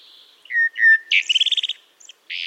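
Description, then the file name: Common blackbird song: low fluted whistles followed by a rapid, bright twittering series of notes, with a soft hiss in the background. "Turdus merula"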